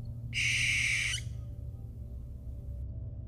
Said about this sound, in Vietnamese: Đâu đó thì con chim cú heo lại kêu lên những tiếng éc éc đầy chết chóc. Cảnh rừng vốn dĩ đã âm u nay lại càng ma mị huyền bí thêm.